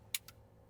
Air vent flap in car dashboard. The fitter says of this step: the airon vents it's pretty easy you see a very nice satisfying click when you open it